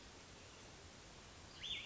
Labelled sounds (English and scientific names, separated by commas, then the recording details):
Cassin's Vireo (Vireo cassinii)
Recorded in Sonoma County, California